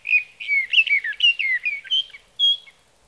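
Sage thrasher song: a short burst of sweet, downward-slurred whistled notes, ending with a single higher clear note.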